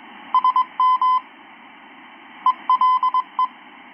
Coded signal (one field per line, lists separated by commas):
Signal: Morse code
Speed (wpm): 21 wpm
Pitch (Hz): 1020 Hz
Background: none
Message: SM ELE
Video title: 10M SSB Transceiver is inhaling RF